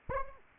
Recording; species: mosquito wingbeat signal from an infrared sensor; Anopheles arabiensis